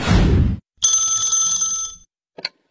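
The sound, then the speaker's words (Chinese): A telephone rings with a bright, high, buzzing tone for just over a second, preceded by a brief burst of low rumbling noise and followed by a short, faint chirp. “这天呢，小何跟佳佳正看电视呢，小何的表弟打来了电话。”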